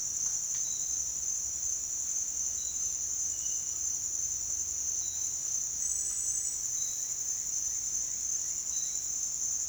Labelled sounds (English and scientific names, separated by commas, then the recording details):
none
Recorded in dense forest near Puerto Asís, Putumayo, Colombia, on 23 June 2025 at 07:30
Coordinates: 0.466, -76.327
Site GP04